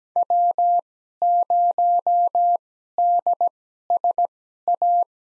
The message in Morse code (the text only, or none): W0DSA